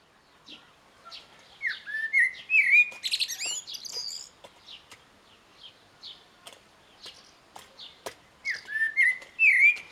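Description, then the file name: Common blackbird song: mellow fluted whistle phrases ending in a high squeaky twitter, two phrases about seven seconds apart, with faint clicking in the background. "Turdus merula"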